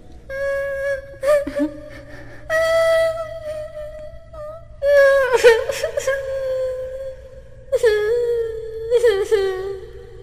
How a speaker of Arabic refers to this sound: ما لي أسمع الآن صوت بكاء؟ من ذا الذي يبكي تحت ظلالي؟ أهذا أنت؟ نعم. أنت رغيف الخبز تبكي؟ توقف عن البكاء، لقد أحسنتني، ما لك تبكي؟